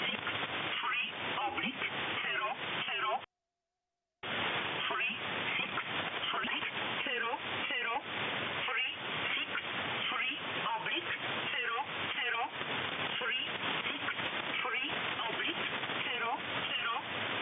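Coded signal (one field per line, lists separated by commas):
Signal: numbers station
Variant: E11 Oblique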